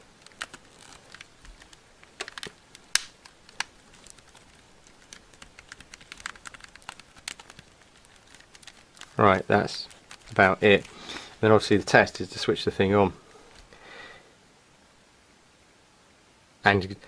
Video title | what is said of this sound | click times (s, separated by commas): Samsung Galaxy Tab 3 P5200 GT-P5210 P5220 10.1" Battery Change | or bending tabs second pass things are still clicking into place alright | 0.4 s, 2.4 s, 3.0 s, 3.6 s, 6.3 s, 7.3 s